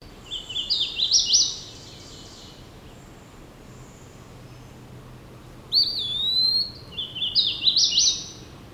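Hooded warbler song: clear, stepped whistled phrases rising in pitch, given twice, with a separate slurred whistle between them.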